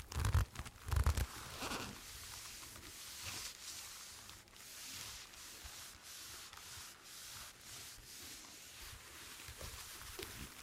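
Leather rubs and creaks in steady, scratchy strokes with a hissy top, two louder low thumps near the start, then a fairly even rhythm.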